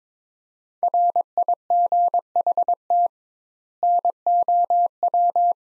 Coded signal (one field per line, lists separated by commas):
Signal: Morse code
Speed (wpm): 22 wpm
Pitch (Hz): 700 Hz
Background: none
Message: RIGHT NOW